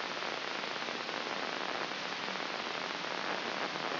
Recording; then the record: brain microelectrode recording played as sound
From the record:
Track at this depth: inside the subthalamic nucleus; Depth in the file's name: 6.907 mm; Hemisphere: left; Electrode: 3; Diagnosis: Parkinson's disease